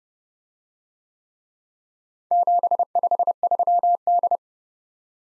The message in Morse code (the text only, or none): 753D